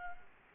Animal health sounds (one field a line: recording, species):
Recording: mosquito wingbeat signal from an infrared sensor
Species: Aedes aegypti